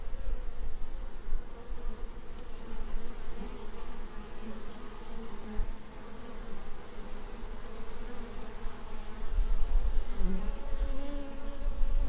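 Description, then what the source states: Honey bee buzzing, a dense low droning hum with steady overtones that swells and fades as bees pass, growing louder toward the end. Bees in a meadow close to a hive.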